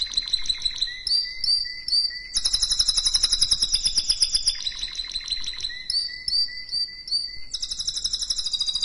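Canary song made of fast rolling trills that change phrase every second or two, steady whistled notes giving way to a louder, buzzier high roll, then whistles again.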